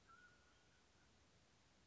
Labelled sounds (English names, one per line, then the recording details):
Mountain Quail
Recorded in Sonoma County, California